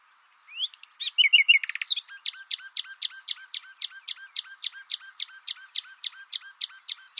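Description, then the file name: Common nightingale singing: varied chirps and a short trill, then a long even series of sharp repeated notes, about four per second, continuing to the end. "Luscinia megarhynchos"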